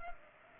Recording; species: mosquito wingbeat signal from an infrared sensor; Culex pipiens